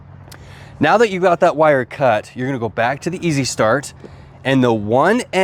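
The orange plastic lever of a wire connector is pressed down to clamp a white wire while installing a Micro-Air EasyStart Breeze RV soft starter, giving a short, sharp click at 0.3 s as the connector clamps shut. Someone then talks over low background noise.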